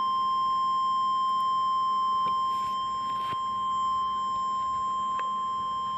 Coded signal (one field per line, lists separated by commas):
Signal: Emergency Alert System (SAME) tones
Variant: 1050 Hz attention tone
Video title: EAS Compilation: Oklahoma/Arkansas Severe Weather...and More! | NOAA Weather Radio (4/13/2014)